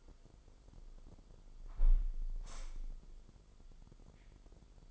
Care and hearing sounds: daily activity, microphone in the room; close window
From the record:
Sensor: 5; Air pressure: 995.8 hPa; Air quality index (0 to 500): 104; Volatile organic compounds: 7 ppm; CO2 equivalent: 2017 ppm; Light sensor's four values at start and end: 40/97/39/41 and 40/97/39/41

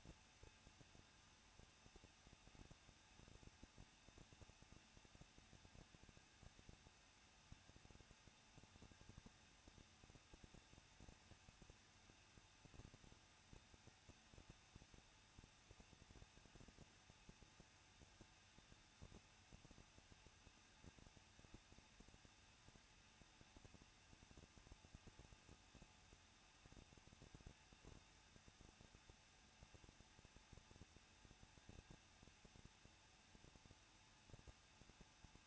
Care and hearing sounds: daily activity, microphone in the room; no activity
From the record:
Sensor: 2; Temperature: 21.0 degrees Celsius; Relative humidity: 37.5%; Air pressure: 1006.2 hPa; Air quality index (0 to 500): 223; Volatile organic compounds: 25 ppm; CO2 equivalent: 2826 ppm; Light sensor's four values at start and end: 2/3/2/2 and 2/3/2/2

